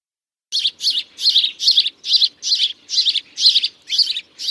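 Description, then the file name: House sparrow call, short harsh chirps repeated about twice a second in an even series after a brief silent start. "Passer domesticus"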